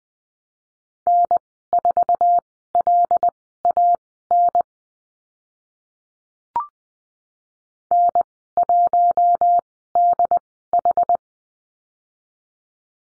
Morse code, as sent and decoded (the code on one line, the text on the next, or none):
-. ....- .-.. .- -. / -. .---- -.. ....
N4LAN N1DH